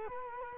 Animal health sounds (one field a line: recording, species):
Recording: mosquito wingbeat signal from an infrared sensor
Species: Culex quinquefasciatus